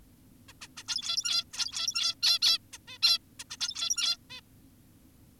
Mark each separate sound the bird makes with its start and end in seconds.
0.49-0.53, 0.62-0.68, 0.77-0.83, 0.88-1.44, 1.53-2.15, 2.23-2.39, 2.42-2.58, 2.73-2.78, 2.88-2.98, 3.03-3.18, 3.40-3.44, 3.50-3.57, 3.60-4.17, 4.30-4.41